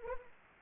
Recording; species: mosquito wingbeat signal from an infrared sensor; Anopheles arabiensis